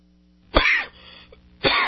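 Two harsh, forceful bursts from an adult man, a cough then a throat-clearing cough about a second apart, with a quiet pause between. This is a reflex cough after swallowing the wrong way, clearing the airway.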